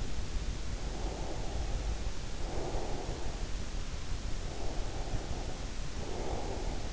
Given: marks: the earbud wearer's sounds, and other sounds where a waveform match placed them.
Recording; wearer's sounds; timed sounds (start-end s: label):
sounds in sleep by an in-ear microphone; breath
0.95-3.51 s: breath
4.53-6.93 s: breath